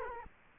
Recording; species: mosquito wingbeat signal from an infrared sensor; Culex quinquefasciatus